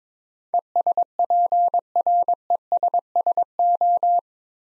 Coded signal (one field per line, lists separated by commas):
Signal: Morse code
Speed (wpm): 22 wpm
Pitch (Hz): 700 Hz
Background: none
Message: ESPRESSO